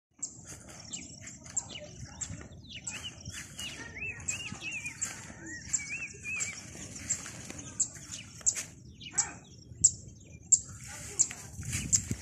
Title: Walking in my field and seeing little colorful birds take flight